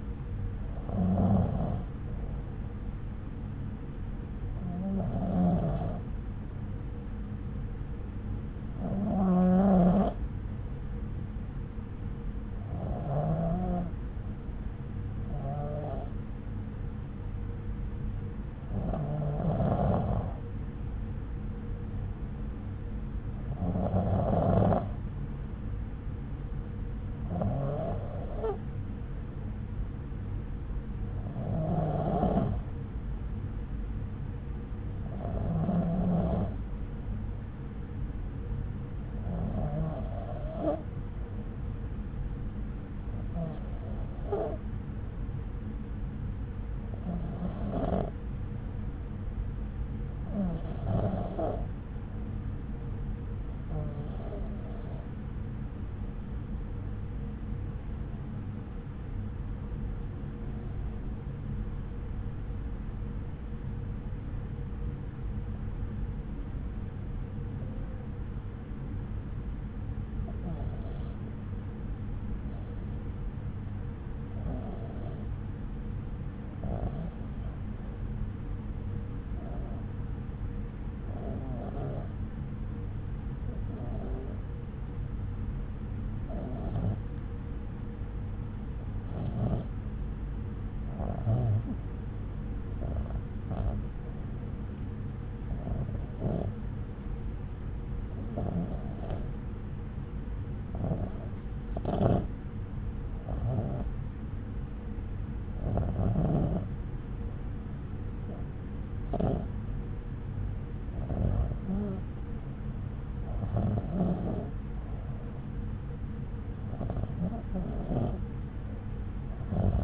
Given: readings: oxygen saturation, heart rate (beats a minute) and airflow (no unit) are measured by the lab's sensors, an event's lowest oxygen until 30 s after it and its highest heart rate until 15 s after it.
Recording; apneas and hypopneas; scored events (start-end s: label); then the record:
breathing in sleep by a smartphone at the bedside; 1
10.00-112.10 s: hypopnea (REM, oxygen 97% highest, then 89% lowest)
From the record:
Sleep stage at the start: REM sleep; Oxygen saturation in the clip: 89 to 97%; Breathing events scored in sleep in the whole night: 303 in 8.1 hours asleep